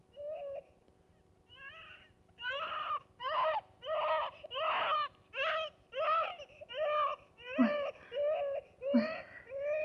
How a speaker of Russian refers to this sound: Тішэй. Не плач, мой маленькі. Ну, не плач, мой сыночак. Ну, ну, усміхніся,